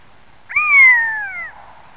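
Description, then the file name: Long-legged buzzard giving a single drawn-out mewing call, about one second long, starting high and sliding gradually downward in a smooth tone. "Buteo rufinus"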